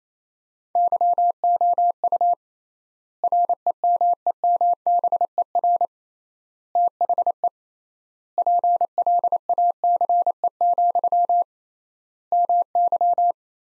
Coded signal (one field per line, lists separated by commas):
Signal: Morse code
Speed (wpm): 28 wpm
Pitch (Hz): 700 Hz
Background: none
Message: YOU REMEMBER THE PLACE, MY